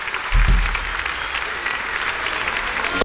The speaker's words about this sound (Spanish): El aplauso.